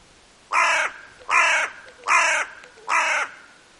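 Hooded crow uttering four raspy, nasal caws in a steady series, each roughly three-quarters of a second apart, with faint trailing echoes between calls.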